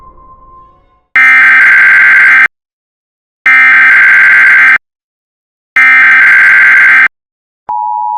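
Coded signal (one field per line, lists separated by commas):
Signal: Emergency Alert System (SAME) tones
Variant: header bursts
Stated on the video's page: Fictional scenario of made-up emergency alert styles across eras.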